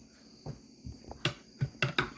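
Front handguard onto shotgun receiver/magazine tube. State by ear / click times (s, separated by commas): seated / 1.8 s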